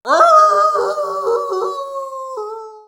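Dog howling, one sustained wavering howl rising at first, then holding steady and slowly falling away over about three seconds.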